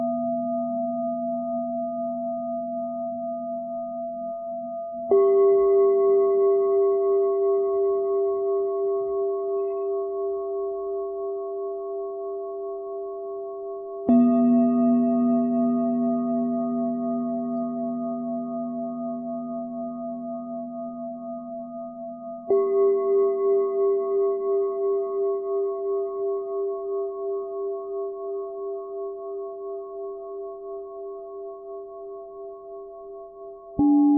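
A singing bowl is struck about every nine seconds, near 5, 14 and 22 seconds, and once more at the very end. Each strike rings with steady, layered tones, a low hum and brighter overtones, that slowly fade while overlapping the previous ring.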